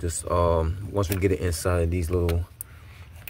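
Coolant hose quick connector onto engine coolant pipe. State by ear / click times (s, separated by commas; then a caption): seated / 3.3 s. Someone talks while the plastic quick-connect fitting on the end of a coolant hose is fitted to its coolant pipe on the 1.4 L engine of a 2014 Chevy Cruze during replacement of all the coolant hoses. The talk fades to a quiet background, and a short sharp click at 3.3 s marks the connector latching onto the pipe.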